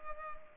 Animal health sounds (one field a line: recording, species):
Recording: mosquito wingbeat signal from an infrared sensor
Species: Culex pipiens